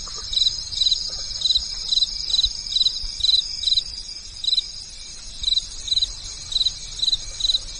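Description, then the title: Insects at night: brief high buzzy chirps repeated at an uneven rate, with a continuous shimmering drone behind them. Insects heard at night, before birdsong and cicadas in the morning. "From night to morning, the sound of nature and insects at night, the birdsong and cicadas in the morning"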